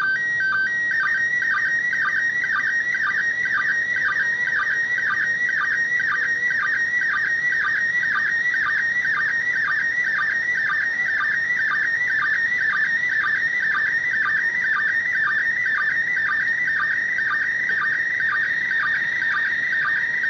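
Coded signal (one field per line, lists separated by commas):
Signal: SSTV (slow-scan television)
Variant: PD120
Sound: warbling whistle around 2 kHz with a sync chirp twice a second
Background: radio hiss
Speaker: So let's just go ahead and play it. And I have to kind of be quiet since it's using the audio.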